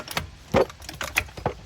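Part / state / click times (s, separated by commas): drive shaft into the hub or transmission on the front suspension / not seated / none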